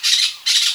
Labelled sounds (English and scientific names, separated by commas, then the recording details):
Brown-throated Parakeet (Eupsittula pertinax) contact call
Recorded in Venezuela
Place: Guárico; Corozopando; Fundo La Fe
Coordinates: 8.506, -67.593